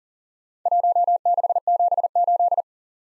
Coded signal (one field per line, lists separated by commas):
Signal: Morse code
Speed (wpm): 43 wpm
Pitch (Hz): 700 Hz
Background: none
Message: 1678